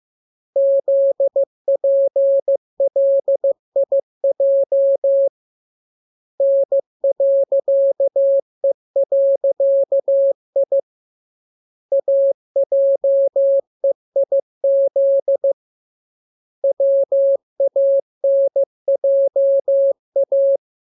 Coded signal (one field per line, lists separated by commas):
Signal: Morse code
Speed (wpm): 15 wpm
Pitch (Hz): 550 Hz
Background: none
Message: ZPLIJ N.E.I AJEIZ WANJA